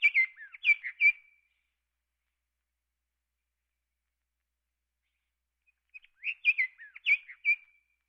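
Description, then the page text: Scott's oriole song: two rich whistled phrases of several slurred notes each, separated by about four seconds of silence. "Scotts Oriole Sound Effect. Quick Sounds"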